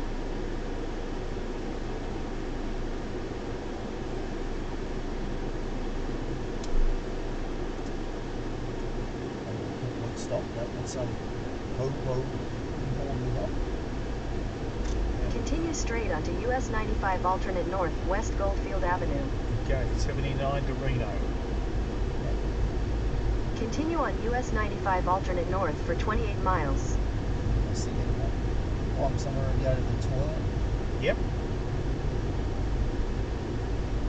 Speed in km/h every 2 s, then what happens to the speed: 0, 7, 4, 0, 8, 15, 21, 25, 26, 28, 34, 37, 39, 39, 39, 39, 39.
0-2 pulls away to 7. 2-6 slows to 0. 6-21 pulls away to 37. 21-34 steady at about 39.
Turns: 7-10.